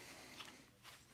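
A pouch's quick-attach clip is handled next to the receiver that stays on the vest, about to be snapped in, with low rustling and a faint tap near 0.4 s and a soft scrape around 0.9 s. The clip ends just before the part goes home, and nothing has seated or clicked yet.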